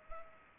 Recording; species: mosquito wingbeat signal from an infrared sensor; Culex pipiens